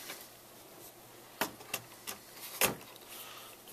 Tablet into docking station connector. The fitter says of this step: pops on there real easy it's got a little lip right there that grabs it it clicks into place